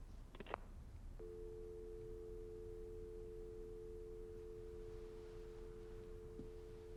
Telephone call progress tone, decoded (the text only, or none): dial tone